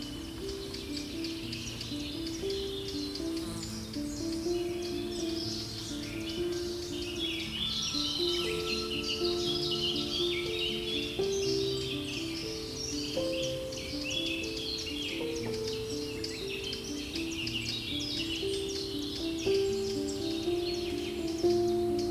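Soothing nature sounds blend with a soft, enveloping melody: busy bird chirps and twitters fill the bright upper range throughout, while gentle sustained tones in the low-middle range shift slowly from note to note. The level stays steady for the whole stretch.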